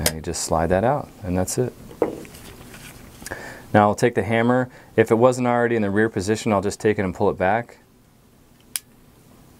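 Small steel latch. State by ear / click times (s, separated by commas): seated / 8.8 s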